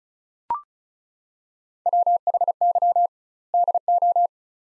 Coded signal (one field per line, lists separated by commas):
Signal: Morse code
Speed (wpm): 36 wpm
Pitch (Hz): 700 Hz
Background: none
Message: WHY DO